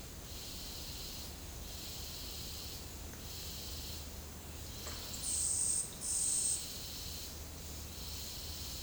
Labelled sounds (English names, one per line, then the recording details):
none
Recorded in secondary vegetation near Puerto Asís, Putumayo, Colombia, on 20 December 2024 at 09:30
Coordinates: 0.489, -76.322
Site G059